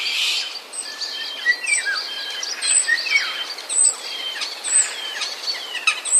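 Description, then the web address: Common starling song mixing sliding whistles, downward notes and chatter, with a rough burst at the start and high clicks scattered through. Starlings mimicking sounds borrowed from sparrows. "wroblowe zapozyczenia szpaki"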